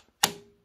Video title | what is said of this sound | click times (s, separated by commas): how to install/vertical mount your gpu with a pcie x16 riser cable.. ezyfab-diy pcie 4.0 | until it clicks into place your GPU is installed | 0.2 s